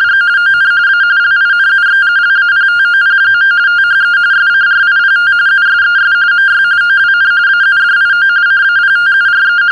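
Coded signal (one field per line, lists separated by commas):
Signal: RTTY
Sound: rapid warbling between two close pitches, continuous chattering teleprinter tone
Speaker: of course, for those of you watching this on YouTube, you could try decoding it.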